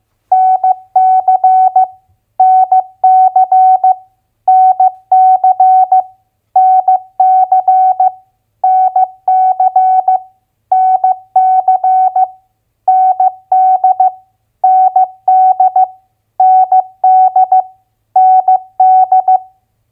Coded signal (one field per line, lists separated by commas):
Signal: Morse code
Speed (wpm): 15 wpm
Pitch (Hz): 750 Hz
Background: none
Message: NC NC NC NC NC NC ND ND ND ND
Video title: Morse Code Head Copy - US State Abbreviations at 15wpm